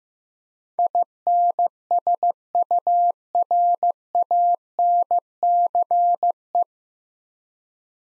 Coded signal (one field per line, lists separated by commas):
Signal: Morse code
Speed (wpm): 15 wpm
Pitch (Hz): 700 Hz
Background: none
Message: INSURANCE